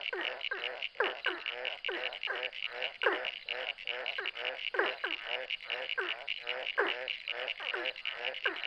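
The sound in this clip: Chorus of ornate burrowing frogs, many quick descending notes overlapping in steady succession, with a shrill continuous background hum.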